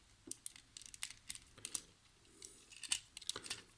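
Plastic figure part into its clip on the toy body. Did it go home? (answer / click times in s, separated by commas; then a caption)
no / none. A plastic part of a Transformers Earthrise Netflix deluxe class Elita-One action figure is pressed toward its clip on the toy body during transformation, producing only small, sharp plastic handling ticks and light rustles. The part fails to clip back in, and nothing has seated or clicked yet.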